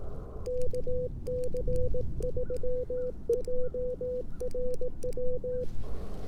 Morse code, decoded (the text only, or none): KC3JRW